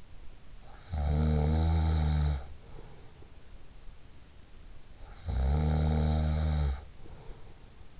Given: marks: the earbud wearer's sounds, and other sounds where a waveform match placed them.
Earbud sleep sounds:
sounds in sleep by an in-ear microphone; snoring breath
0.63-3.30 s: snoring breath
5.10-8.00 s: snoring breath

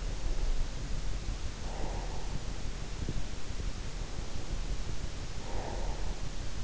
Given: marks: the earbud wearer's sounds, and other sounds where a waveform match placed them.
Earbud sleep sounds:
sounds in sleep by an in-ear microphone; breath
0.73-2.68 s: breath
4.63-6.58 s: breath

